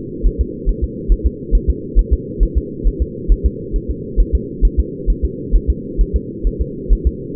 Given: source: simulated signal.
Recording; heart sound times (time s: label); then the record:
fetal heart sounds
0.27 s: S1
0.41 s: S2
0.69 s: S1
0.84 s: S2
1.12 s: S1
1.27 s: S2
1.55 s: S1
1.70 s: S2
1.99 s: S1
2.13 s: S2
2.43 s: S1
2.58 s: S2
2.87 s: S1
3.02 s: S2
3.32 s: S1
3.46 s: S2
3.76 s: S1
3.91 s: S2
4.20 s: S1
4.35 s: S2
4.65 s: S1
4.80 s: S2
5.10 s: S1
5.25 s: S2
5.56 s: S1
5.70 s: S2
6.01 s: S1
6.16 s: S2
6.47 s: S1
6.62 s: S2
6.93 s: S1
7.07 s: S2
From the record:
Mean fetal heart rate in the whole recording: 135 bpm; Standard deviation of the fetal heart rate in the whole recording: 3 bpm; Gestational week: 36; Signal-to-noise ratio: -4.1 dB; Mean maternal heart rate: no maternal heart sound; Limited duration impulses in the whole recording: absent